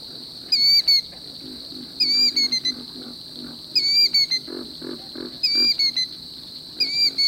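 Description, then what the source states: Killdeer giving shrill, sharply falling alarm notes in short clusters repeated every second or two, above a constant high insect hum and throbbing frog chorus. Alarmed killdeer calling at midnight in a southern marsh, rising above a busy nocturnal ambience.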